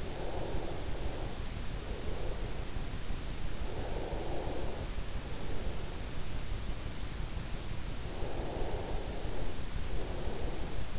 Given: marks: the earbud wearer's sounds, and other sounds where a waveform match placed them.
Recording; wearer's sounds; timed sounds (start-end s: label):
sounds in sleep by an in-ear microphone; breath
0.00-5.99 s: breath
7.99-10.99 s: breath